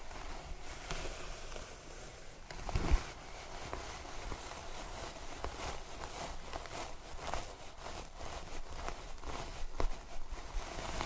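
Scalp massage and hair brushing: a steady, dense scratchy rustle runs throughout, broken by quick bristly strokes that come every second or so and grow more frequent after about seven seconds. A louder, low rubbing thump stands out near three seconds.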